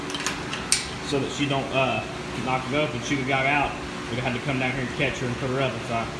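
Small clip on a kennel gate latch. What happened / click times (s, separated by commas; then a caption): The small latch clip snapped into place / 0.7 s. A small clip is fitted onto a kennel gate latch so the dog cannot knock the gate open. Three short ticks sound at about 0.3, 0.5 and 0.7 seconds, and the last one is sharp as the clip snaps on and seats at 0.7 seconds. Someone talks throughout.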